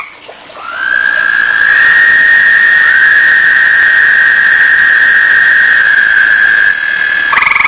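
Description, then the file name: Toad trill sliding up at the start and then holding one even, buzzy pitch for about six seconds, with a second toad's pulsed trill beginning right at the end. Recorded 1 May 2007. "batesline. 20070501 toads"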